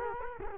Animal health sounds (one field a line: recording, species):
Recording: mosquito wingbeat signal from an infrared sensor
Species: Culex quinquefasciatus